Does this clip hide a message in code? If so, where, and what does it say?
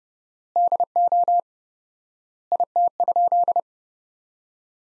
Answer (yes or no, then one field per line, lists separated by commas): yes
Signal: Morse code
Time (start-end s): 0.6-3.6 s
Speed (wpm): 30 wpm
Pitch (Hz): 700 Hz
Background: none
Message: DO IT?